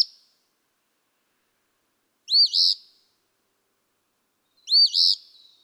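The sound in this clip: Eastern phoebe song: a clipped note at the start, then two full hoarse fee-bee phrases about two and a half seconds apart.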